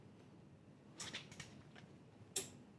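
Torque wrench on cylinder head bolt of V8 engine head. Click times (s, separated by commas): 2.4 s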